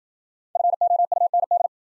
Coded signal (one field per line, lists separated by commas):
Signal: Morse code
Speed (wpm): 53 wpm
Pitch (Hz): 700 Hz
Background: none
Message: FOUND